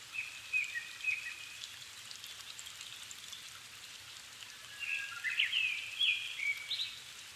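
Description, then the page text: Japanese thrush singing varied whistled phrases, a short burst early then a richer run of fluty notes later, with faint pattering and hiss behind. Niigata Prefecture, Japan, 270 m altitude; 7 May 2011 at 17:59, evening; Sony PCM-D50 recorder, Panasonic WM-61A mic. "kurotugumi 20110507-1759. Turdus cardis [Sounds -Nikko Today-]"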